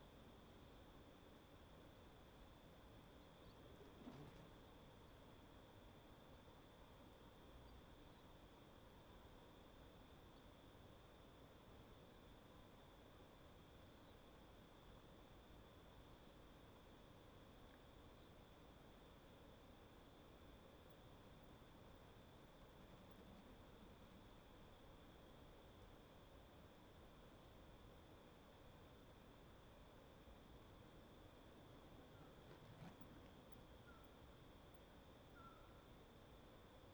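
A calm lake at dusk, with a steady, unchanging hush of low, soft background noise. A thin, high insect-like whine holds level throughout. Faint brief knocks or ticks stand out once early, at about four seconds, and again near the end.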